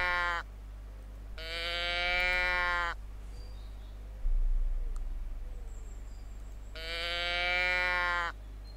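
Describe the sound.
A human voice imitates a female goat in heat to call goats, giving three drawn-out, quavering bleats, the first cut short, separated by pauses over a steady low hum.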